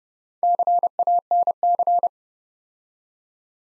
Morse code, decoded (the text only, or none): CANC